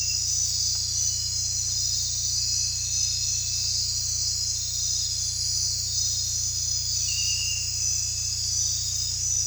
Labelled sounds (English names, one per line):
none